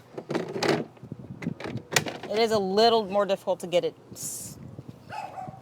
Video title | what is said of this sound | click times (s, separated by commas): EGO POWER+ 21 Inch Self Propelled Select Cut Mower Review | It is a little more difficult to get it clicked in, but it's also brand new. | 2.0 s